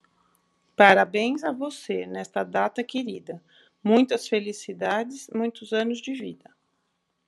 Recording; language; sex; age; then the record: short text; Brazilian Portuguese; female; 50 to 59 years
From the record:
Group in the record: control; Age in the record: 51 years